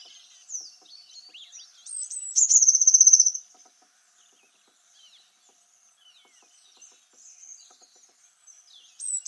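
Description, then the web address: Bird calling with high, thin chirps and slurred notes, with a short, fast, bright trill early on and soft scattered high calls before and after. "cianscape. Deverinetal. Bird Only"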